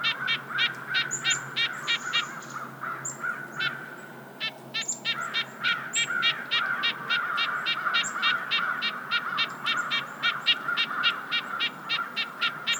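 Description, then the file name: Red-breasted nuthatch calling with rapid nasal toots, a brief pause after about four seconds, then a further run of repeated notes. "Red-breasted Nuthatch - Sitta canadensis"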